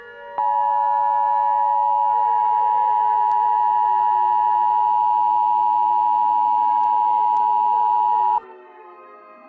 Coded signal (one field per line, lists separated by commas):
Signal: Emergency Alert System (SAME) tones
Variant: 853 and 960 Hz attention tone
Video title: EAS Scenario #6 EXE Double Trouble NateDog2020P EXE's and Lincoln530 EXE's revenge